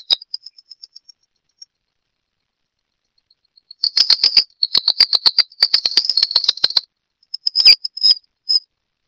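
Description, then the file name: Wren-like rushbird giving quick ticking notes, then a long rapid chattering rattle of dry clicks lasting about three seconds, followed by a few scattered ticks. "Phleochryptes melanops - Junquero"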